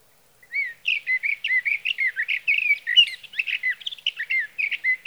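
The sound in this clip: Sage thrasher delivering a sustained, hurried warble of varied whistled and slurred phrases, running steadily for nearly five seconds.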